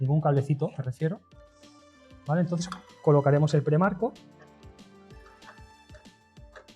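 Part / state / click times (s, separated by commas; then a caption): socket sub-frame into wall box / not seated / none. Someone talks over background music while the plastic sub-frame of a wall socket, a push-fit part, is handled ready to be pressed into the wall box. Faint handling taps follow near the end. Nothing has seated or clicked yet.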